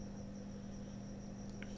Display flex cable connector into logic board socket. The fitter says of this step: it make that small click noise